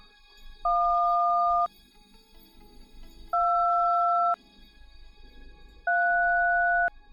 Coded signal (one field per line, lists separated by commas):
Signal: DTMF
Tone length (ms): 1040 ms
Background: music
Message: 1 2 3